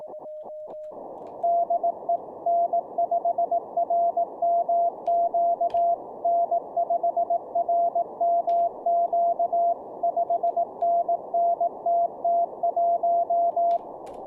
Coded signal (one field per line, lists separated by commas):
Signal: Morse code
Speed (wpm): 18 wpm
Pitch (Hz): 690 Hz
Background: radio noise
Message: DE N5RMQ N5RMQ 5NNTT1